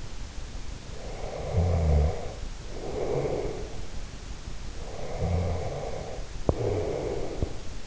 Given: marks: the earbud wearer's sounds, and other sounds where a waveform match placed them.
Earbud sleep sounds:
sounds in sleep by an in-ear microphone; snoring breath, teeth grinding
0.91-4.10 s: snoring breath
4.70-7.87 s: snoring breath
6.37-6.60 s: teeth grinding

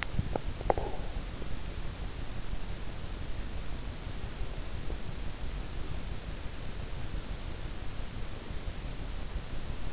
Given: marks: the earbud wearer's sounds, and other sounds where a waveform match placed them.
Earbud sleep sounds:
sounds in sleep by an in-ear microphone; teeth grinding, breath
0.00-0.45 s: teeth grinding
0.74-1.19 s: breath

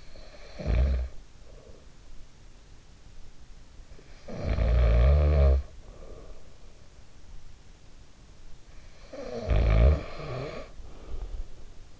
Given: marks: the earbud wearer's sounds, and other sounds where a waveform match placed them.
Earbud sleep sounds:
sounds in sleep by an in-ear microphone; snoring breath
0.00-2.00 s: snoring breath
3.48-7.14 s: snoring breath
8.46-12.00 s: snoring breath

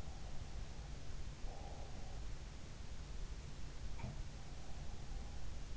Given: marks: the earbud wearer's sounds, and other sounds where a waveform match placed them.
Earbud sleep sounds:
sounds in sleep by an in-ear microphone; breath
0.02-2.43 s: breath
3.86-4.31 s: sound from someone else or the room

